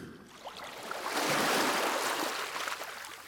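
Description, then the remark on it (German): A broad, hissing wash of sea water rises and swells steadily, like surf rolling onto a beach on a coast on the way to Barcelona, where people swim, then holds as a continuous rushing noise with no voices. “Sie lief dann ins Meer. Wir schwammen. Am Strand dann schlief Raina ein.”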